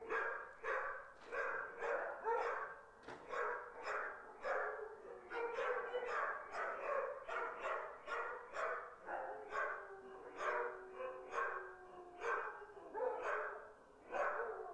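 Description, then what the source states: Dogs barking, a steady run of many overlapping barks from more than one animal. Distant dogs barking.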